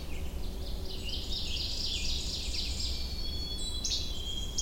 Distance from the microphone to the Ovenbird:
about 55 m